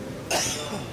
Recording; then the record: coughing mixed with background sound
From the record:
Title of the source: Dry Afternoon Cough